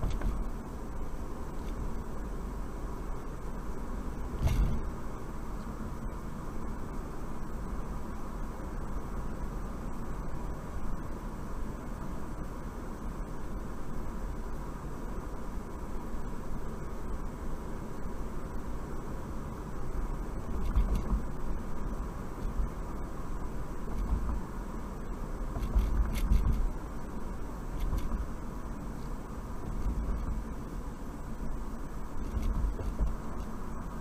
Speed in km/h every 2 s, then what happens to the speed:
53, 55, 55, 56, 56, 56, 56, 56, 56, 56, 58, 58, 58, 56, 55, 53, 50.
0-25 steady at about 56. 25-34 slows to 50.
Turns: none.